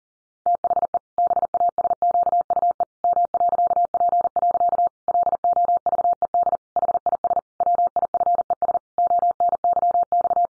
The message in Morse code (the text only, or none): THE BASQUE M.P. LOVED HIS WIFES ONYX